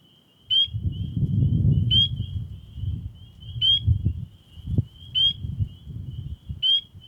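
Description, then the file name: Spring peeper peeping, a sharp high single note about every 1.5 seconds, over low rumbling noise. "Spring Peeper (Pseudacris crucifer)"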